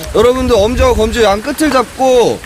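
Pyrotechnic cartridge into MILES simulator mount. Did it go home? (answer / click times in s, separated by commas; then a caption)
no / none. A small pyrotechnic cartridge is held at its ends between thumb and index finger, not pressed on its foil, while it is being fitted into its mount on MILES training gear; a light push is enough to make it click and lock in place. Throughout the clip someone talks over a low background rumble. Nothing has seated or clicked yet by the end of the clip.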